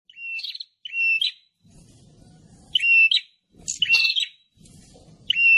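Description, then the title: Prinia calls, short buzzy chirps with a flat note then a rising flick, given at irregular intervals, over a faint low hum between calls. Noisy ('ribut') prinia calls from a five-hour lure recording used to attract prinias, including the 'kepala merah' (red-headed) kind and visiting birds. "Suara Prenjak Ribut Buat Pikat Burung Prenjak Kepala Merah Prenjak Tamu"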